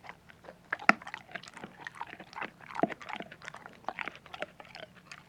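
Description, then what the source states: Dog chewing hard food, with loud crisp crunches near the start and middle and softer continuous mastication throughout. Dog eating hard crunchy food.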